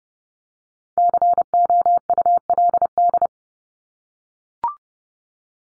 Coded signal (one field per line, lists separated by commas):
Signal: Morse code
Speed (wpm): 30 wpm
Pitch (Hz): 700 Hz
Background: none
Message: COULD